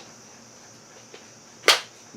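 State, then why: Seated. A nozzle head is fitted onto the plastic wand of an AutoRight C900054.M Wagner Spraytech SteamMachine handheld steam cleaner and twisted or pushed until it locks. A faint tick sounds at about 1.1 s, then one sharp, loud click at 1.7 s as the nozzle seats, with a softer knock near the end. The nozzle head is locked into place.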